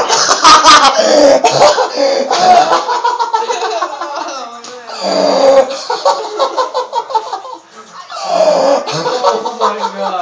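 A run of harsh, raspy coughs comes in several loud bursts over about ten seconds, mixed with wheezy, laugh-like voicing between the fits.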